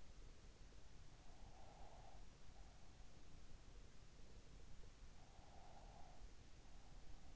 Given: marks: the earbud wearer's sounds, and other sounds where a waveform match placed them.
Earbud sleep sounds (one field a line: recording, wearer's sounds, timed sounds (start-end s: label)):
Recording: sounds in sleep by an in-ear microphone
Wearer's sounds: breath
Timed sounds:
1.48-2.95 s: breath
5.18-7.36 s: breath